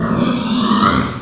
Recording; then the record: squeal of a Yucatan mini pig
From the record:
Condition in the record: after surgery on the right vocal fold (resection and tissue-engineered implant); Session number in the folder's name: 14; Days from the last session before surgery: 133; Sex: female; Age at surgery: 19 weeks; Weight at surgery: 25 kg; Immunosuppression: prednisolone